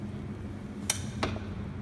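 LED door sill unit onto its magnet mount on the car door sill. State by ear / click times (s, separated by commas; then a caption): seated / 0.9 s. A battery-powered LED door sill unit on a BMW 3-series F30 snaps onto its magnet mount on the car door sill, with the magnet resting on a foam pad and the door closed. A sharp, bright click at 0.9 s is followed by a softer tap at 1.2 s over a low steady hum. The unit is seated on the magnet.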